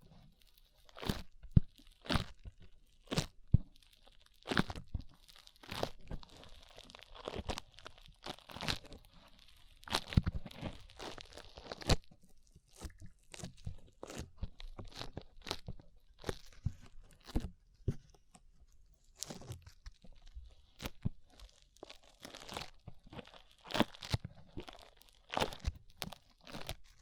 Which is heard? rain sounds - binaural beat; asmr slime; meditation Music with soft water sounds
asmr slime